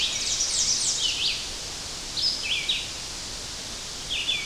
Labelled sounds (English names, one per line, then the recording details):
Red-eyed Vireo song
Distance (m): 25 m
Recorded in boreal forest in Alberta, Canada, on 10 June 2016 at 07:44
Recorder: SongMeter 3, array SBT-3-39
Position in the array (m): 195 m, 122 m